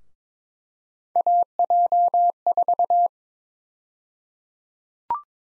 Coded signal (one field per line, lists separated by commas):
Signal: Morse code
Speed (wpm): 21 wpm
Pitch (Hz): 700 Hz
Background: none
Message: AJ4